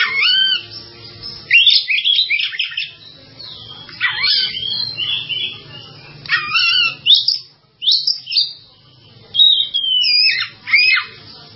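Bird singing loud, varied whistled phrases that swoop up and down, some with quick trills, following each other with brief pauses.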